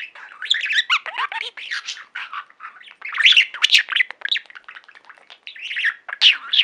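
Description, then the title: Budgerigar warbling chatter, continuous quick chirps, clicks and trills varying in pitch, growing louder near the middle and end. "Budgie Sounds"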